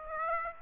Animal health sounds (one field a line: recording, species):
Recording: mosquito wingbeat signal from an infrared sensor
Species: Aedes aegypti